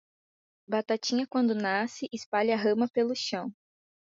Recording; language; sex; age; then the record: short text; Brazilian Portuguese; female; 18 to 19 years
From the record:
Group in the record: control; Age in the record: 19 years